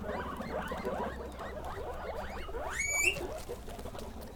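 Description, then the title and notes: Guinea pig chattering squeaks, a busy run of short calls over low rumbling, then a sharp rising whistle near the end. Guinea pig (cuy) pen, during a sound residency on traditional kitchens in Pujilí, Ecuador, 2019. "Yanuna_Paisajes. CORRAL_CUY. Sonidos grabados durante la residencia "Yanuna de sonidos, Laboratorio de experimentación y creación sonora alrededor de las cocinas tradicionales de Pujilí. " en Pujilí - Ecuador 2019"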